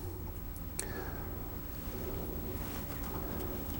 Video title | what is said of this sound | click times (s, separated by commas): Building a computer for £300 - Part 7 - The Build | then we pop that in there and a click as well of the metal connector and you have to push the metal connector | 0.8 s